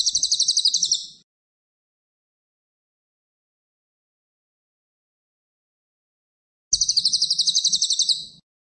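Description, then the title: Cililin song: two bursts of very high, rapid buzzy trilled notes separated by a long silence. Cililin singing actively in tight, rapid bursts, suited for training magpie-robins. "Cililin AMPUH. Cililin gacor tembakan rapet cocok untuk masteran murai"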